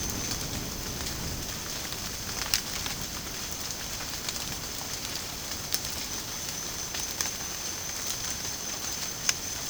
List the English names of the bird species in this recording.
none